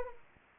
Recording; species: mosquito wingbeat signal from an infrared sensor; Anopheles arabiensis